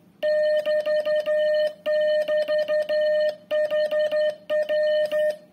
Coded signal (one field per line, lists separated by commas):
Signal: Morse code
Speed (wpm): 11 wpm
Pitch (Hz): 610 Hz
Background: music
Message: <BT> <BT> HR